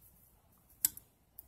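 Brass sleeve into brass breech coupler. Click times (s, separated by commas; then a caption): 0.8 s. A 9/16 brass sleeve slides over a 17/32 brass barrel and into a 19/32 brass coupler of a Nerf toy foam-dart blaster breech, locking into place to make a tight air seal. A sharp, bright metallic tick at 0.9 s marks it seating, followed by fainter ticks around 1.0 s and 1.4 s over a quiet low background.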